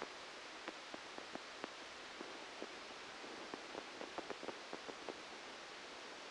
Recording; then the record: brain microelectrode recording played as sound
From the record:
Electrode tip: outside the subthalamic nucleus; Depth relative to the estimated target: -8 mm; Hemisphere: left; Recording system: NeuroSet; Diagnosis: Parkinson's disease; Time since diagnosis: 13 years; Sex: male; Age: 63 years